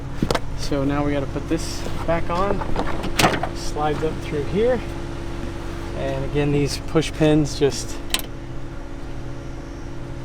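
Someone talks while putting a trim panel back on a Toyota Camry during a backup camera install, sliding it up into place and handling the plastic push-pin fasteners that go into the panel's holes. A steady low hum runs underneath, with a few brief knocks. The clip ends before any push pin has snapped in, so nothing has seated or clicked yet.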